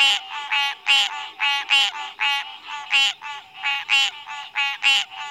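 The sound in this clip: Treefrog giving loud, raspy pulsed calls in a rapid series, with no other sounds.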